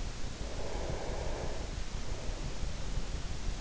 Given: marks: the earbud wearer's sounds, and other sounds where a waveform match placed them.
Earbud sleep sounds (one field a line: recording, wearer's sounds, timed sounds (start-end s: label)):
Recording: sounds in sleep by an in-ear microphone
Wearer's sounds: breath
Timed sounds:
0.60-3.10 s: breath